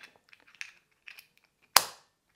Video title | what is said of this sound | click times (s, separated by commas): ULANZI CLAW (Quick release clip) REVIEW | and it snaps back into place | 1.8 s